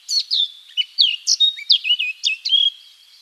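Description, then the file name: Eurasian blackcap song, a rapid series of clear whistled notes, many sliding downward, delivered in quick succession over about three seconds. "Sylvia atricapilla"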